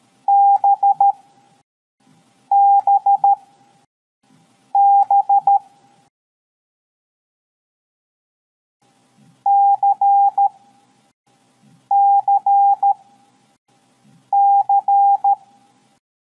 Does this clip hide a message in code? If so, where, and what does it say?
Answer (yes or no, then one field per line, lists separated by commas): yes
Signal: Morse code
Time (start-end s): 0.3-15.3 s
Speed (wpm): 13 wpm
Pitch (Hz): 800 Hz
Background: none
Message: BBB CCC